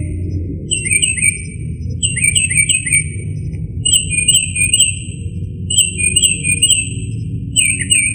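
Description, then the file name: Northern mockingbird song: short bursts of clear, slurred, downward-sweeping whistled notes, repeated in quick groups every second or two, over a steady low rumble. "kicauan-burung-northern-mockingbird -omkicau"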